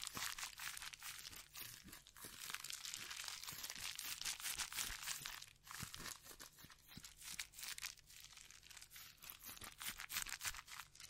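Dense scratching and brushing against a microphone fill the whole 11 seconds with a bright, crackly rustle like crinkling paper. Sharp taps cut through every second or so, with a low thumping rumble beneath; the texture eases briefly around six seconds.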